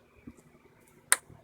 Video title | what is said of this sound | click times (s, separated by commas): Honda Accord spark plug change 8th generation 2008-2012 | and you may pull out just like that click you may hear this one | 1.1 s